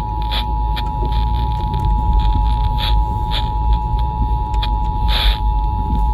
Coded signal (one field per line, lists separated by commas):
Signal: Emergency Alert System (SAME) tones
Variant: 853 and 960 Hz attention tone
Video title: EAS 151: Required Monthly Test for the month of November 2021